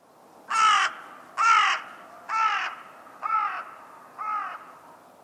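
Bird giving harsh cawing calls: five evenly spaced caws, roughly one per second, growing fainter overall.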